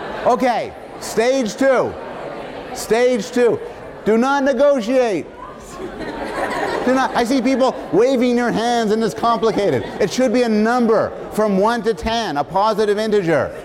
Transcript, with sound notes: Okay. Stage two. Do not negotiate. [laughter] You're not — I see people waving their hands and it's complicated. It should be a number from one to ten, a positive integer.